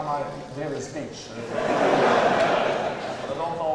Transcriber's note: laughter